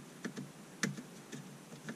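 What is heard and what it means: A plastic immobilizer transponder ring on a Peugeot 206 is pushed over the new ignition lock barrel in the steering column. Several light ticks are heard, with one sharp plastic click at 0.8 s as the ring snaps into place. The ring is seated on the ignition lock.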